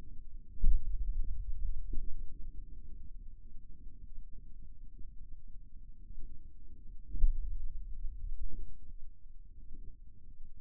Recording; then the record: forearm muscle sounds (acoustic myography)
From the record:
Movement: pen grasping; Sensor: system 2, bracelet of six BSWA MPA416 microphones around the upper forearm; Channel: 3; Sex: male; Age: 22 years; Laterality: right